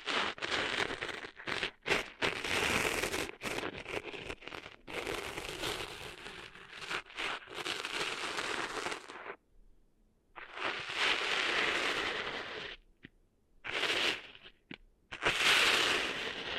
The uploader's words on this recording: ASMR Cleaning Sand Out of Your Ears (No Talking).